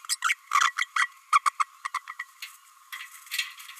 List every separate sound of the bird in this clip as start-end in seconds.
0.09-0.16, 0.22-0.34, 0.51-0.72, 0.76-0.87, 0.96-1.09, 1.32-1.39, 1.46-1.51, 1.59-1.65